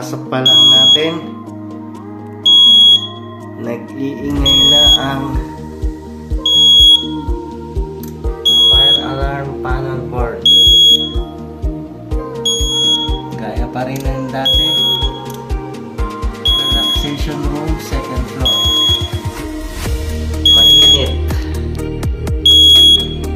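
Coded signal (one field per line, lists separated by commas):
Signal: alarm pattern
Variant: fire alarm panel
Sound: high steady beeps about every two seconds, mixed with drums and bass music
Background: music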